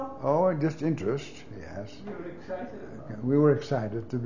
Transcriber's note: off mic: you were excited